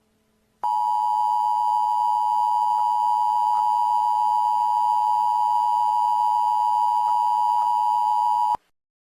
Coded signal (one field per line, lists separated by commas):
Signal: Emergency Alert System (SAME) tones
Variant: 853 and 960 Hz attention tone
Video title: Don’t Frown in Clown Town: A Halloween EAS Scenario